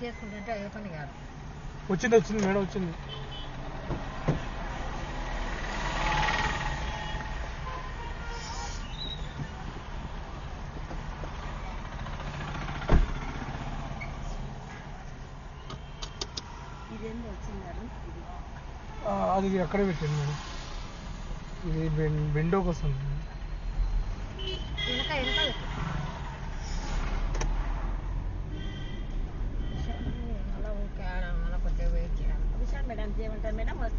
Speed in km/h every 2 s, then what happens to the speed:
0, 0, 0, 0, 0, 0, 0, 0, 0, 1, 8, 8, 4, 14, 18, 24, 24.
0-19 standing. 19-34 pulls away to 24.